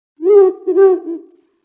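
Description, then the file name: Ural owl hooting, two low, rounded hoots in quick succession, the second trailing off, over a silent background. "フクロウ"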